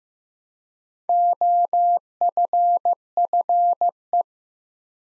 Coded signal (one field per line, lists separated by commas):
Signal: Morse code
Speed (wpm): 15 wpm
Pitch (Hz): 700 Hz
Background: none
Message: OFFE